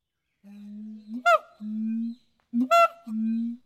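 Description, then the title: Siamang call sequence of three low steady booming hums alternating with two sharp loud barks, in a clean, quiet setting. "MONKEY, SIAMANG, HYLOBATES SYNDACTYLUS, ANIMAL. DIGIFFECTS. Primates - Monkeys, Chimps, Apes"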